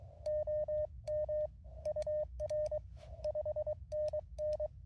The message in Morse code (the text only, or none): OM UR 5NN